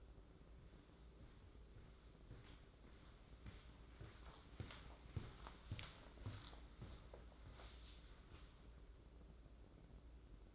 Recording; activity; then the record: daily activity, microphone in the room; walk to room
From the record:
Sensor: 3